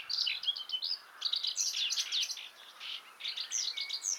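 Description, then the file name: Eurasian blackcap chattering in quick, scratchy high notes, a dense mix of short chirps and slurred twitters with a faint steady hiss behind. "Sylvia atricapilla"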